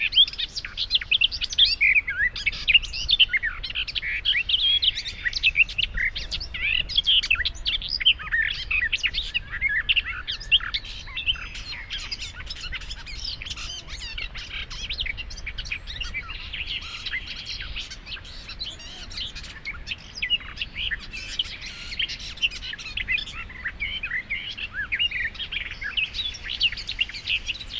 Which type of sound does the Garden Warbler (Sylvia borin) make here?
song